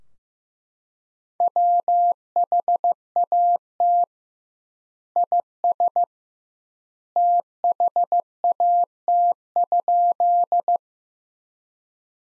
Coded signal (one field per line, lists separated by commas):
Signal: Morse code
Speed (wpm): 16 wpm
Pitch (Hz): 700 Hz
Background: none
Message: WHAT IS THAT?